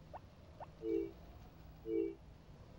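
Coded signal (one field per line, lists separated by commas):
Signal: none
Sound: game sound beeps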